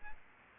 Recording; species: mosquito wingbeat signal from an infrared sensor; Aedes aegypti